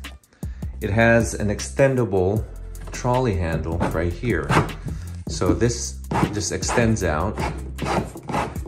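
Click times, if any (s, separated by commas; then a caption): none. The extendable trolley handle on the rear of a Pelican 1615 Air polymer case is pulled out toward full length while someone talks over background music. A short knock is heard near the end of the pull at about 8.3 s. The clip ends before the handle locks, so nothing has seated or clicked yet.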